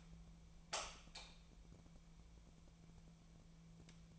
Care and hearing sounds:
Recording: daily activity, microphone in the room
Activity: light on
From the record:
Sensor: 1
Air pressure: 1000.0 hPa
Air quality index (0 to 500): 129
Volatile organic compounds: 2 ppm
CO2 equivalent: 1223 ppm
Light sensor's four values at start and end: 25/64/26/32 and 29/79/31/37

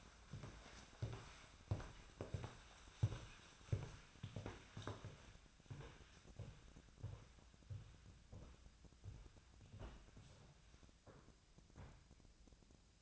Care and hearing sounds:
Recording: daily activity, microphone in the room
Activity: walk to room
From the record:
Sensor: 2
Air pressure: 1009.9 hPa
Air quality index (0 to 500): 176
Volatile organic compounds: 10 ppm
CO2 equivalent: 2203 ppm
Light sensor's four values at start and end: 36/88/38/42 and 36/89/38/43

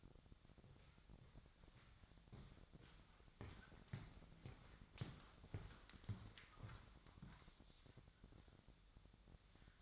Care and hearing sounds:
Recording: daily activity, microphone in the room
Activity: walk to room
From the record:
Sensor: 3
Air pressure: 999.4 hPa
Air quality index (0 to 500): 195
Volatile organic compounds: 42 ppm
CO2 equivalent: 3179 ppm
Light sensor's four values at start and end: 8/19/8/7 and 8/19/7/7

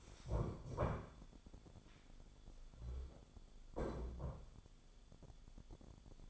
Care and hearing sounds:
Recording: daily activity, microphone in the room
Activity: stand up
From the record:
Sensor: 5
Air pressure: 1015.4 hPa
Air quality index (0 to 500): 196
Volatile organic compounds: 8 ppm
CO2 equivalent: 2124 ppm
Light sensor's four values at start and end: 35/81/32/31 and 35/81/32/31

